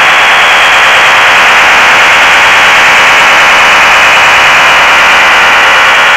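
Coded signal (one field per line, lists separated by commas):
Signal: HF data modem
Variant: STANAG 4285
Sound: steady wide rushing hiss-like data signal, constant for whole clip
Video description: Tuning PSK signal, decoding Stanag 4285 (text message)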